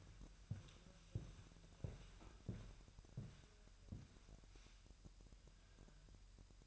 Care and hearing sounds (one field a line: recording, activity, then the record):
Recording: daily activity, microphone in the room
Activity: walk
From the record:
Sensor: 2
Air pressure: 1001.8 hPa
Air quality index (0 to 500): 234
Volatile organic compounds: 63 ppm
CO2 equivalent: 3452 ppm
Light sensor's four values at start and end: 7/17/7/7 and 7/17/7/7